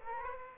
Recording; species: mosquito wingbeat signal from an infrared sensor; Aedes aegypti